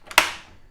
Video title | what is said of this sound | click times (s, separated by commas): Ryobi 18 Inch Electric Chainsaw Features and Blade Change RY40508 | You could hear it click. | 0.2 s